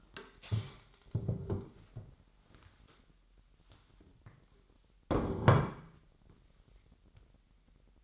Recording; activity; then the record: daily activity, microphone in the room; stand up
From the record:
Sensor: 3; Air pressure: 998.5 hPa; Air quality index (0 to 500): 130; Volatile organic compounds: 4 ppm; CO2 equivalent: 1555 ppm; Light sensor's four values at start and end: 9/21/9/9 and 12/28/12/14